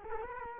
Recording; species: mosquito wingbeat signal from an infrared sensor; Culex quinquefasciatus